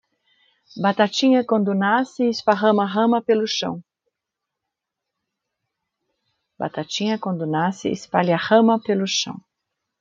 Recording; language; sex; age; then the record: short text; Brazilian Portuguese; female; 50 to 59 years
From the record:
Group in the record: control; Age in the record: 58 years